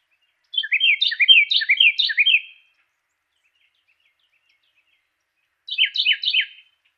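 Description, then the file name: Carolina wren song: loud rolling phrases of repeated two-note slurred syllables, one long bout of several syllables, a pause of three seconds, then a shorter bout. Song variation number three. "suara-kicauan-burung-carolina-wren-variasi-3-omkicau"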